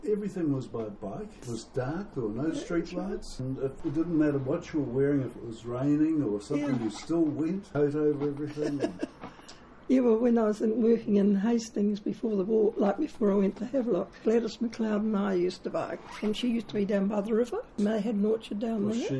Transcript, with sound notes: Everything was by bike, it was dark, there were no street lights and it didn’t matter what you were wearing – if it was raining or something you still went. Coat over everything and… [Chuckle] Yeah, well when I was working in Hastings before the war like before I went to Havelock, Gladys McLeod and I used to bike and she used to be down by the river and they had an orchard down there.